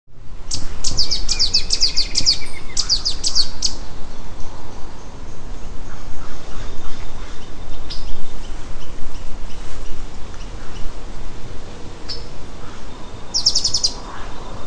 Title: LuckyPassaro Completos2Sama. Streak-capped Antwren (Terenura maculata)